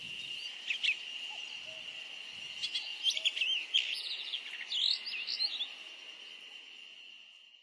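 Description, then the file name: Chestnut-cheeked starling giving scattered short, squeaky chirps, clustered in the middle, over a steady high-pitched drone that runs throughout. Recorded at Nikko, Japan, on 10 June 2010. "komukudori nikkou"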